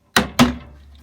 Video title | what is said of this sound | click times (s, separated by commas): [IKEA shelf to DIY Cat Tower Wall for Scottish Fold and multiple Cats` Common use in Tiny Space] | they snap into place so | 0.2 s, 0.4 s